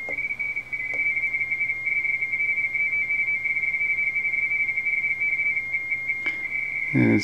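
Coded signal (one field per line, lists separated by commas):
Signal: RTTY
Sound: continuous warbling two-tone teletype chatter, a couple of clicks, a brief noisy burst at the end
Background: radio static, low hum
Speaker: K8GI can't get his cue because somebody's probably trying to stomp him. Look at all these guys who are K8GI.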